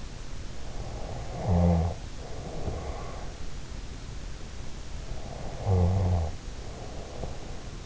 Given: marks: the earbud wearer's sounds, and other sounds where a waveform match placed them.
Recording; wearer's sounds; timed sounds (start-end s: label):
sounds in sleep by an in-ear microphone; snoring breath
0.74-3.50 s: snoring breath
5.21-7.86 s: snoring breath